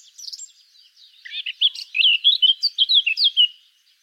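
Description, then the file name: Eurasian blackcap song beginning softly and growing into a clear, rapid sequence of bright whistled and warbled notes. "Sylvia atricapilla"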